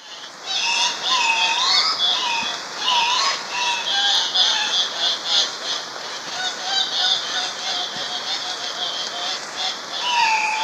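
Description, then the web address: Andean cock-of-the-rock squawking continuously, harsh nasal calls with rising and falling inflections. Ecuador. "Birds of Ecuador. Andean Cock-of-the-rock"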